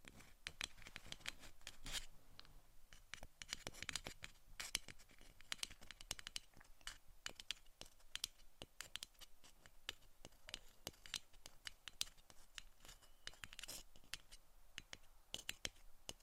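Tapping and scratching with fingernails on hard surfaces, made of dense, fast, irregular clicks and crisp scrapes that run without pause for the whole stretch. The sounds are bright and sharp, with a few louder taps standing out, and a faint low hum underneath.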